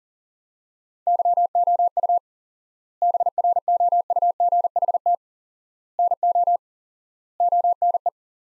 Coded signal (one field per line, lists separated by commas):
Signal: Morse code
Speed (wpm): 40 wpm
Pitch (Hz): 700 Hz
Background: none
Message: YOU BROUGHT NO ONE